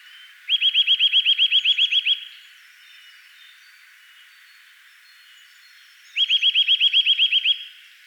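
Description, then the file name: Eurasian nuthatch calling in rapid trills of clear, rising whistled notes, one at the start and another after a pause of several seconds. "Sitta europaea"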